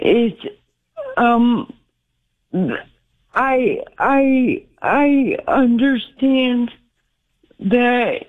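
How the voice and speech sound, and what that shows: A 53-year-old woman on a telephone call speaks haltingly, with long pauses, stretched vowels and a repeated 'I, I, I' before 'understand that': aphasia after two strokes last year, probably on the left side of the brain, affecting her speech.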